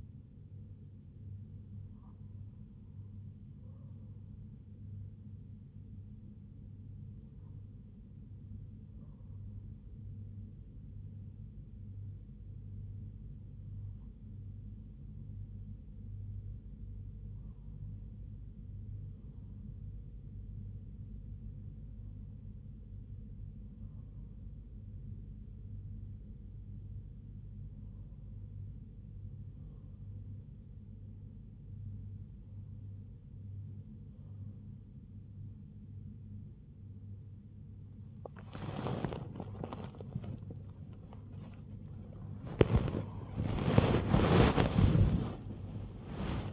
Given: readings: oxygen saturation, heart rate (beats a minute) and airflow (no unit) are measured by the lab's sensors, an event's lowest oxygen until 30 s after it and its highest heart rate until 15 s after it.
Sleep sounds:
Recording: a person awake in a sleep study, by a smartphone at the bedside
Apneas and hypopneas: 1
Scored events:
3.00-19.30 s: hypopnea (N1, oxygen 97% highest, then 97% lowest, heart rate 68 at the start, 81 highest)
8.00-46.53 s: new sleep stage, awake
From the record:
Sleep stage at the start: N1 (lightest sleep)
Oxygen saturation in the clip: 96 to 97%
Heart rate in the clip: 68 to 93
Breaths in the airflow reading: 9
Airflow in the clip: -8.1 to 11.9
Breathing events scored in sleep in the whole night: 158 in 7.3 hours asleep

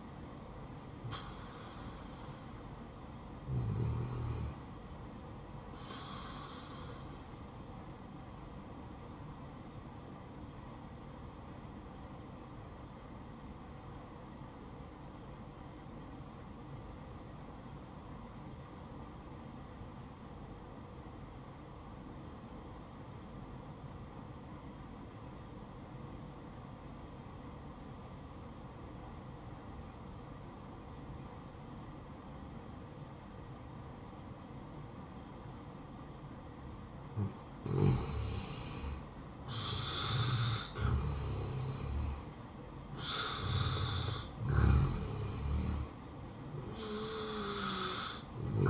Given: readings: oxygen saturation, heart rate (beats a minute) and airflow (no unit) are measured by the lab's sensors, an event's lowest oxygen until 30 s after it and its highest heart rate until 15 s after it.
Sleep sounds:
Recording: breathing in sleep by a smartphone at the bedside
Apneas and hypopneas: 1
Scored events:
14.00-39.30 s: obstructive apnea (N1, oxygen 94% highest, then 80% lowest, heart rate 61 at the start, 71 highest)
From the record:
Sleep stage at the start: N1 (lightest sleep)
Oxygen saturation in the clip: 75 to 94%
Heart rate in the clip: 57 to 91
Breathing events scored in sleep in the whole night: 573 in 9.8 hours asleep

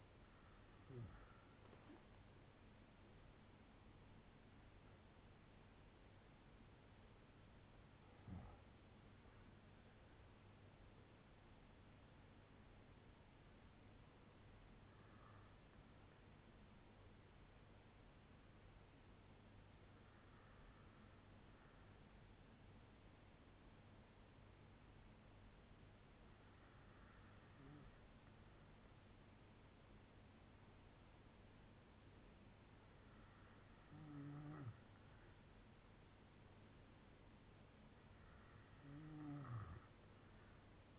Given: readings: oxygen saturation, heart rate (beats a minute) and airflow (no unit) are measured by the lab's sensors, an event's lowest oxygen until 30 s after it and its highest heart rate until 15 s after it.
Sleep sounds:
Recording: breathing in sleep by a voice recorder at the bedside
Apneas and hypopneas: none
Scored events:
none scored
From the record:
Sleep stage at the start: N2 (light sleep)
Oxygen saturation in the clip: 94 to 96%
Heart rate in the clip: 56 to 78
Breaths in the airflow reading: 7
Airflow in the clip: -7.1 to 8.6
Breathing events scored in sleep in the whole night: 182 in 7.4 hours asleep

